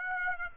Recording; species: mosquito wingbeat signal from an infrared sensor; Aedes aegypti